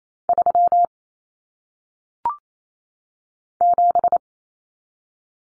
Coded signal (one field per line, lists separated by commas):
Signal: Morse code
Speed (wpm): 28 wpm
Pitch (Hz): 700 Hz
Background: none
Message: 3 7